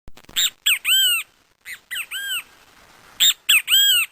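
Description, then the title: Great kiskadee calling with strident, buzzy, arched notes grouped in three short phrases, each a quick run of three syllables, clear and dominant. Song, at an open-air classroom in a park. "Canto Del Benteveo Aula A Cielo Abierto Parque Avellaneda"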